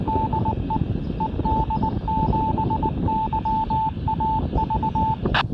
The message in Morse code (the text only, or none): DE ED7YAV